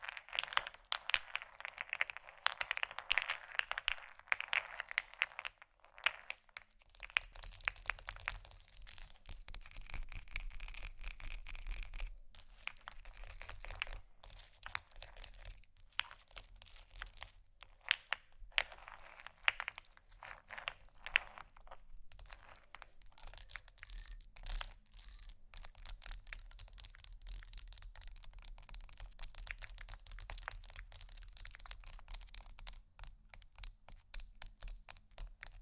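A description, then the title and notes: Fast tapping, scratching and rolling on ice fill the whole recording with dense, crisp clicks and crunches. The first few seconds are brighter and busier, then a brief pause near six seconds, after which a low rumble joins the steady crackle. ASMR fast Ice Tapping, Scratching, Rolling (No Talking).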